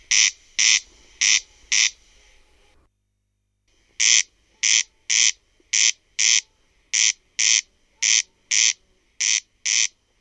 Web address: OMAT AANITYKSET RUISRAAKKA. OMAT LINTUAANITYKSET